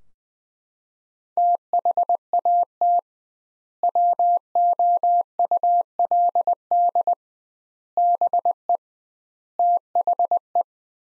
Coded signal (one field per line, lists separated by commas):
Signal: Morse code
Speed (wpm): 20 wpm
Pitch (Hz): 700 Hz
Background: none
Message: THAT WOULD BE THE